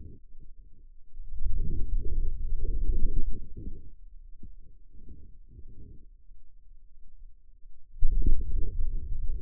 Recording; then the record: forearm muscle sounds (acoustic myography)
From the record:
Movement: wrist flexion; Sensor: system 2, bracelet of six BSWA MPA416 microphones around the upper forearm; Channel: 6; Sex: male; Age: 22 years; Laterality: right